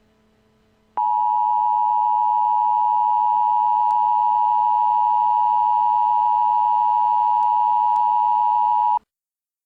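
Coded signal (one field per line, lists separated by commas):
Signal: Emergency Alert System (SAME) tones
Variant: 853 and 960 Hz attention tone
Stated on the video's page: Ice storm warning EAS broadcast for Greensboro, North Carolina.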